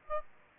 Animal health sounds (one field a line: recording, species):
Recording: mosquito wingbeat signal from an infrared sensor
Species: Aedes aegypti